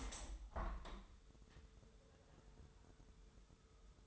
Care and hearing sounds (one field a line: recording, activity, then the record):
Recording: daily activity, microphone in the room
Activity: open window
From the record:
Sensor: 3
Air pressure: 1014.9 hPa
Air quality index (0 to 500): 25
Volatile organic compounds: 0 ppm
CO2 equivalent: 501 ppm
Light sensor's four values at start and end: 10/22/9/9 and 10/23/10/9